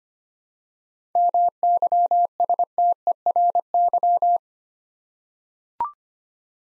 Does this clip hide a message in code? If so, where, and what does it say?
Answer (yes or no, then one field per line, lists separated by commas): yes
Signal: Morse code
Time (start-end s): 1.2-4.4 s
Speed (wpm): 25 wpm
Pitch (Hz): 700 Hz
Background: none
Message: MYSTERY